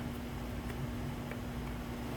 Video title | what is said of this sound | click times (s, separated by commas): Mass Air Flow Sensor Cleaning and Repair - Toyota Camry, Solara, and Corolla 2000 to 2018 | Slide it in until you hear it snap, just like that. | 1.3 s